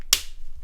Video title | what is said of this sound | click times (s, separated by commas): Nokia 5610d XpressMusic restoration | come on click and place there go | 0.1 s